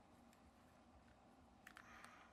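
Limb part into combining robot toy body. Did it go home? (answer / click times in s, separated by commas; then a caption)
no / none. A plastic limb part of a combining robot toy is handled against the toy body, pushed again after a failed try to get it to stay secure. Over a low, steady background hum, brief plastic handling ticks sound near 1.7, 1.8 and 2.0 seconds. Nothing has seated or clicked into place yet.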